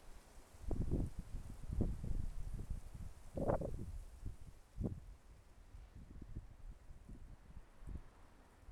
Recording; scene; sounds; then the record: everyday scene through a hearing-aid microphone; wind on the microphone; wind, traffic, birds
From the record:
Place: suburban garden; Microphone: behind the ear, left, rear